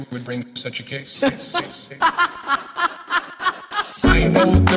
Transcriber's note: satanic laughing